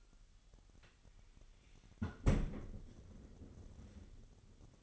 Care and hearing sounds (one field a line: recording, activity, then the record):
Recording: daily activity, microphone in the room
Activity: close fridge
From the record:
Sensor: 4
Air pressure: 989.2 hPa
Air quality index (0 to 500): 224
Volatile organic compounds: 82 ppm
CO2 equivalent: 3624 ppm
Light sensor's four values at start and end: 26/90/33/35 and 26/92/34/36